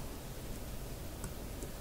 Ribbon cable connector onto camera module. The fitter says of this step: nice feel to it right there. Nice click in.